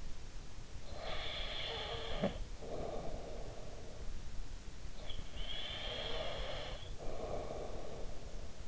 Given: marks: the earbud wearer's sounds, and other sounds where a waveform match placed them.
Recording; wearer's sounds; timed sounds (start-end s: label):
sounds in sleep by an in-ear microphone; breath
0.59-4.20 s: breath
4.82-8.68 s: breath